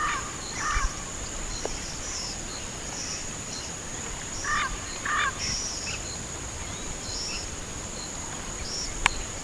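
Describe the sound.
Bird calls, a few scattered harsh notes, one early and a pair midway, against a constant high insect hum and a sharp click near the end.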